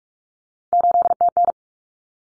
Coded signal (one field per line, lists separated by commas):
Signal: Morse code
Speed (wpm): 44 wpm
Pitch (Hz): 700 Hz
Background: none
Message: 8TN